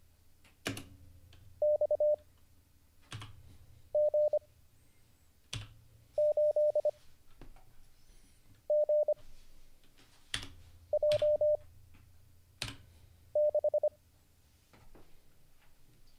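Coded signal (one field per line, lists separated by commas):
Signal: Morse code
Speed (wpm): 25 wpm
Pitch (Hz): 600 Hz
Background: none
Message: XG8GJ6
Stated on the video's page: Livestreamed Morse code learning lesson, day 38.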